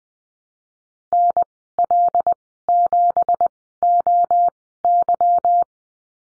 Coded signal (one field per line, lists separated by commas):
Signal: Morse code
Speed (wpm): 20 wpm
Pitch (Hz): 700 Hz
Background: none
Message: NL7OY